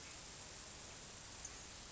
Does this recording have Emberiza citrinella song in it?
no